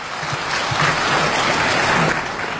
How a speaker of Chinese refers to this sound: 相声艺术家李金斗老师， 不敢当。 您听听这掌声 啊！